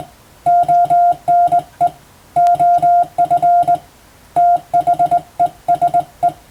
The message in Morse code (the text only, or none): ONE OF THESE